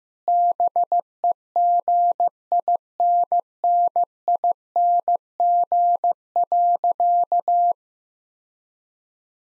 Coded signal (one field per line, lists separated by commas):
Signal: Morse code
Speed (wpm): 15 wpm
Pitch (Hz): 700 Hz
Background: none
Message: BEGINNING.